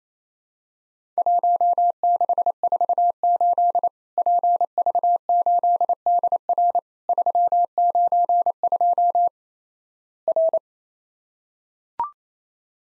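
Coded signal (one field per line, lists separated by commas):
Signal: Morse code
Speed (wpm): 28 wpm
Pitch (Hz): 700 Hz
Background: none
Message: 1648 PV8DR 392 R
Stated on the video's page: Practice drill of Worked All Europe DX Contest QTC exchanges in Morse code at 28 wpm, each sent twice.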